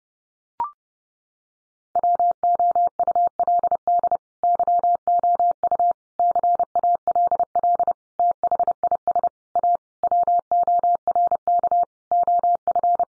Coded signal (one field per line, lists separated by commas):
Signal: Morse code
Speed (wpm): 30 wpm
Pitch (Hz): 700 Hz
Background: none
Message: WOULD YOU CALL THIS A WORK OF